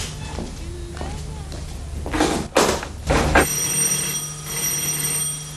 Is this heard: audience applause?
no